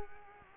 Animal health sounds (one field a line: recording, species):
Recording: mosquito wingbeat signal from an infrared sensor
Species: Culex quinquefasciatus